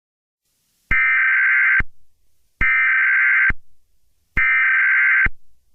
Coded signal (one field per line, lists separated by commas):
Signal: Emergency Alert System (SAME) tones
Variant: header bursts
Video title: EAS SCENARIO #39: CREEPER INVASION